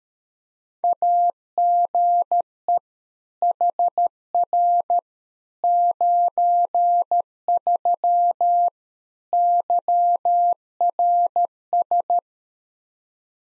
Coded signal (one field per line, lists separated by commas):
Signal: Morse code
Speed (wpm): 13 wpm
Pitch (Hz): 700 Hz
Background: none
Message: AGE HR 93 YRS